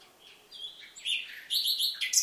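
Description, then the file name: Common nightingale phrase of whistled notes building into a louder, high, bright chattering trill. "Luscinia megarhynchos"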